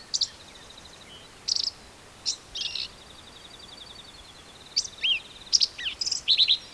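Black-capped vireo, separate bursts of high, sharp chirps and buzzy notes, spaced irregularly, with a faint steady hiss behind.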